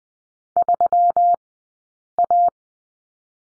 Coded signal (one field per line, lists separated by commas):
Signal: Morse code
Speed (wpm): 20 wpm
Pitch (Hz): 700 Hz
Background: none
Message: 3A